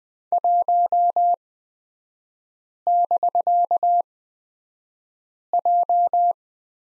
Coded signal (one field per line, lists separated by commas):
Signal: Morse code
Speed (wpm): 20 wpm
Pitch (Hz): 700 Hz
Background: none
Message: 1<BK>J